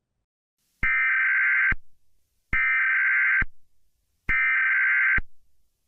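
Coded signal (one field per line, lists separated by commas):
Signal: Emergency Alert System (SAME) tones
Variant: header bursts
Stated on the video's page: Fictional EAS broadcast from a Minecraft horror ARG animation.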